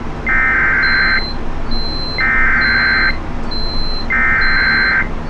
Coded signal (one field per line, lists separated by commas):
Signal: Emergency Alert System (SAME) tones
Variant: header bursts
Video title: 4 Severe Thunderstorm Warnings || 9-6-24 (EAS #3,061-3,064)